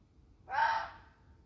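Fox scream: a single harsh, hoarse cry about half a second long, rising quickly and fading away, over quiet background.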